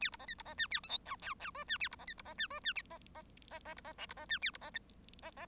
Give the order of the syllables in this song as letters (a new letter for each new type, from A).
A B C D B C E A F G H I I J E A B C D B C E J E C C C C B C K B C E A B C C C